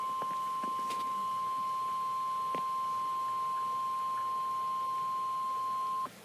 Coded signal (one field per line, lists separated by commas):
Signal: Emergency Alert System (SAME) tones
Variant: 1050 Hz attention tone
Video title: Severe Thunderstorm Warning-(EAS #93)